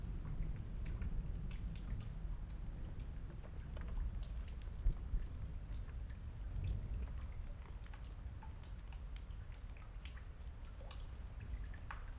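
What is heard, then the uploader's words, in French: A summer storm at the foot of a cliff: a steady low wash of rain fills the whole clip, swelling slightly around the middle. Sharp, scattered drops and drips tick brightly on top at irregular moments, some distinct. Orage d'été. Un orage enregistré cet été au pied d'une falaise.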